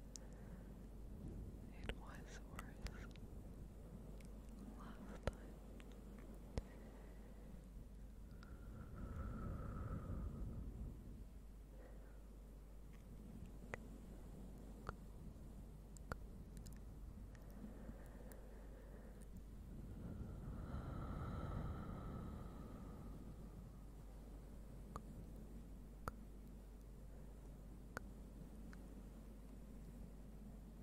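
Soft, slow fluffy rubbing sounds sit over a steady low hum, with sharp tongue clicks popping up every second or two. Two longer, fuller swells of brushing and breathy whispering rise around ten and twenty-one seconds, then settle back to quiet.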